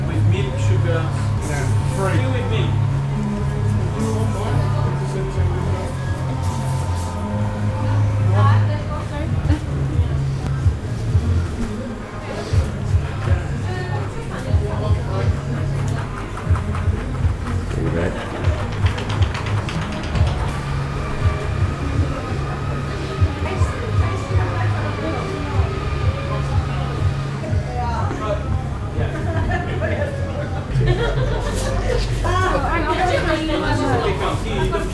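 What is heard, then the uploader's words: A town square where a heavy vehicle's engine rumbles low and steady throughout, with voices talking and scattered clatter on top. Bell Green, How Places Feel: Soundscape. Listen to Riley Square, recorded by audio consultant Gavin Griffiths as part of our Bell Green Library project: The Time of Our Lives.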